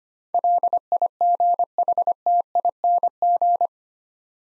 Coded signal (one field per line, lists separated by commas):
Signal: Morse code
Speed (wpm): 25 wpm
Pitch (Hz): 700 Hz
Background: none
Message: LIGHTING